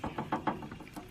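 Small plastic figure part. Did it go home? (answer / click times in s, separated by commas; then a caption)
no / none. A loose plastic part is pushed into a joint of a Truforce Mega Man X variant action figure, making a quick series of light knocks and taps around 0.0, 0.2, 0.3, 0.5, 0.6 and 0.7 seconds, with a softer one near 1.0 second. The part ends up in place, but nothing has clicked in.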